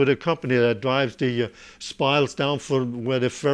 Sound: none

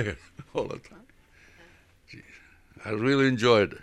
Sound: he laughs

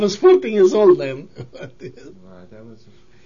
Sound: laughter

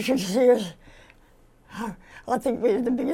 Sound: none

